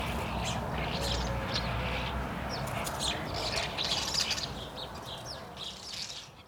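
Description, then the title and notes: Starlings calling: lively squeaks and chirps in quick succession, fading toward the end, over a low background rumble. Starlings on Rue Henri Jomain, Niévroz, France; Sony PCM-D100 internal microphones in wide position. "Niévroz, France, Rue Henri Jomain - starlings and a fly. étourneaux et une mouche"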